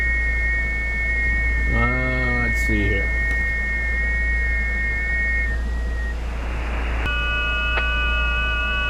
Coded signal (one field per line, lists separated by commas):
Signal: FT8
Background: speech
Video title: digital ham radio